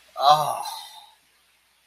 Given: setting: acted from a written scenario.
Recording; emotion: vocal sound without words; relief